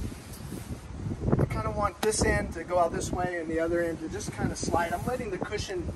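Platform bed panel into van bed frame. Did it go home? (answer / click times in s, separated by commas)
no / none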